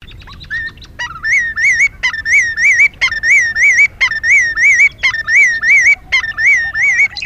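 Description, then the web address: Willet giving loud, shrill, undulating calls in rhythmic bursts about once a second, over faint low background noise. "Shorebirds Willet Sounds B--LNSCourse Cassette"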